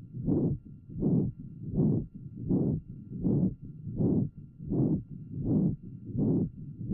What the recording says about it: As we inch across the sternum in this patient with an acquired ventricular septal defect, you hear the murmur become louder as we move towards the left sternal border and apex. In addition, as we move to the apex, an audible inflow rumble is present. Due to the sheer volume of blood moving across this defect, the volume of blood flowing across the mitral valve creates turbulence. This creates the sound known as a third heart sound or an inflow rumble.